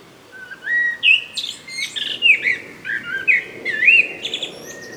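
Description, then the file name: Common blackbird song: mellow fluted whistles broken by higher squeaky twittering flourishes, several phrases in quick succession. "Turdus merula"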